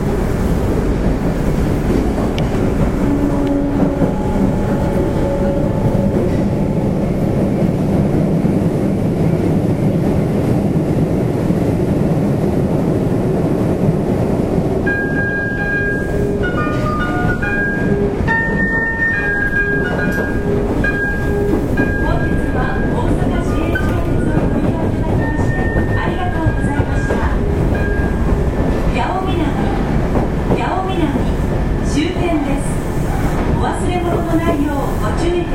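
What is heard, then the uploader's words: An Osaka city subway 30000 series train runs with a steady, dense low rumble and roar that holds its level throughout. From about fifteen seconds on, thin high whines and squeals come and go over the rumble, with faint voices underneath at times. 大阪市営地下鉄 30000系 谷町線 谷町４丁目から八尾南まで. 大阪市交通局 30000系電車の走行音です。 谷町線で録音しました。 It is a running sound of the Osaka city subway 30000 series train.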